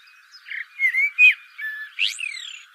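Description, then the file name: Common blackbird singing one phrase: a few low, flute-like slurred whistles, then a sharp rising squeak and a thin, high twitter at the end. "Turdus merula"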